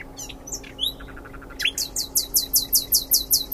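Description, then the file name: Common nightingale song: varied whistled notes and a soft stutter, then a loud run of rapidly repeated high notes for two seconds, with faint hum beneath. "Luscinia megarhynchos"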